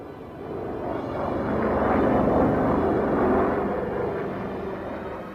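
An iced-up airplane's engine drones steadily in flight at 1,500 metres above the ocean, a dense, rumbling roar that swells to its loudest midway and then eases slightly, with no voices over it.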